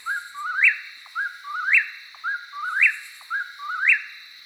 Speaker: eastern whippoorwill called out from the trees, steadfast and distinct, right as dusk thickened into night.